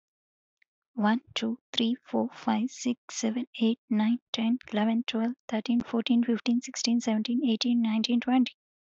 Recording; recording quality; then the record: counting at a fast pace; excellent, no background noise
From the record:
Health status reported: respiratory illness, not identified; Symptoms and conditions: asthma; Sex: female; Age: 27 years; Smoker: not ticked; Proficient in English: yes